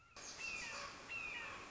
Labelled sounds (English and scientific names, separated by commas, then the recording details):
Red-shouldered Hawk (Buteo lineatus)
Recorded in Sonoma County, California